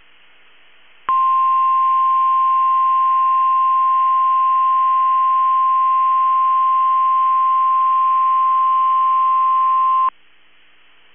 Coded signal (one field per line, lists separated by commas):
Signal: Emergency Alert System (SAME) tones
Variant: 1050 Hz attention tone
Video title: NOAA Weather Radio KEC65 (Twin Cities) - Required Weekly Test (EAS #75)